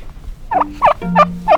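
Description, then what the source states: Turkey calls, four short wavering yelps about a third of a second apart. One of the farm's turkeys, Meitali or Orly, at the Freedom Farm near Netanya.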